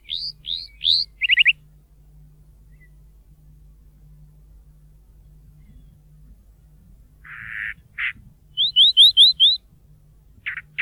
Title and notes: Museo de Ciencias de Bahía Blanca. Calandria Grande (Mimus saturninus) Es la más común de las calandrias de la zona. Sorprende por su facultad de imitar la voz de otras aves, inclusive ruidos y silbidos humanos